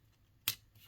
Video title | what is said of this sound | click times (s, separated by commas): Transformers Studio Series 86 Brawn review | they'll just kind of snap into place. | 0.5 s